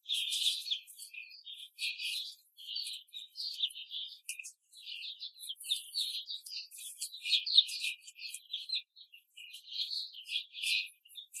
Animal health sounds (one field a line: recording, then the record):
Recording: young laying hens in a cage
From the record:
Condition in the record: control cage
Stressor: none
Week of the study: 5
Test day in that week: 1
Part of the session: 2